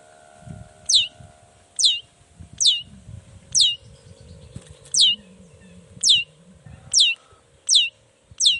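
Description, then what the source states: Long-tailed shrike calls: a sharp, high descending note repeated about once a second. Singing actively in the morning with 'toet toet' sound variations; said to make any other long-tailed shrike answer at once and start singing.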